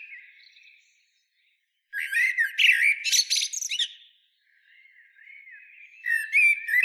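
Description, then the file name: Common blackbird: a soft low warble, a pause, then a loud burst of jumbled squeaky twittering, ending in another quiet warble and high notes. "Turdus merula"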